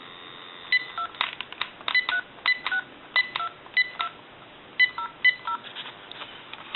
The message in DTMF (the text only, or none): 2362200